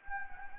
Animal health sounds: mosquito wingbeat signal from an infrared sensor; Anopheles gambiae

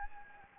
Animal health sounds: mosquito wingbeat signal from an infrared sensor; Anopheles gambiae

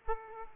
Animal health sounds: mosquito wingbeat signal from an infrared sensor; Aedes aegypti

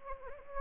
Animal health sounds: mosquito wingbeat signal from an infrared sensor; Anopheles gambiae

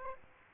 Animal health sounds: mosquito wingbeat signal from an infrared sensor; Aedes aegypti

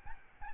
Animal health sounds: mosquito wingbeat signal from an infrared sensor; Aedes albopictus

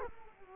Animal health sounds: mosquito wingbeat signal from an infrared sensor; Culex quinquefasciatus

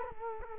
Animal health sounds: mosquito wingbeat signal from an infrared sensor; Culex quinquefasciatus

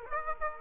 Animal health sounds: mosquito wingbeat signal from an infrared sensor; Aedes aegypti

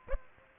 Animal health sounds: mosquito wingbeat signal from an infrared sensor; Aedes aegypti

